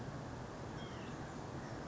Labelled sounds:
White-breasted Nuthatch
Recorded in Sonoma County, California

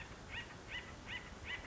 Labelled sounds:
Acorn Woodpecker
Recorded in Sonoma County, California

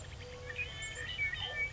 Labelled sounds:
Eurasian Collared Dove
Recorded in Sonoma County, California

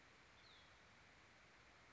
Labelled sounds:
Cassin's Vireo
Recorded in Sonoma County, California

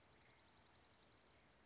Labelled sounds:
Dark-eyed Junco
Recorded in Sonoma County, California

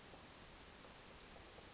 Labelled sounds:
Western Flycatcher
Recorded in Sonoma County, California

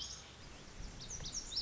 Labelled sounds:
Lazuli Bunting
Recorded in Sonoma County, California

